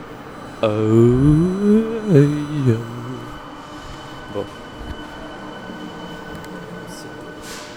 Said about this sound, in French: il y a une rame en train d'arriver de l'autre côté.